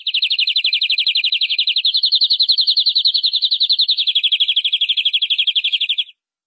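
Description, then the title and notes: Canary trilling: one sustained rapid rolling trill lasting about six seconds, rising slightly in pitch midway then easing lower before stopping. "Suara Burung Kenari"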